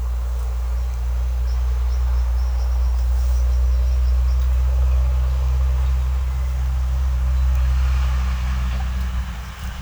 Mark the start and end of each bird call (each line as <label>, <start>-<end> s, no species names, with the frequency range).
bird call (4.7-6.1 kHz), 1.46-4.40 s